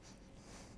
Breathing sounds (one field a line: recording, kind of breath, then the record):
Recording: one breath in and out by a microphone near the nose and mouth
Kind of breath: strong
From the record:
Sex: male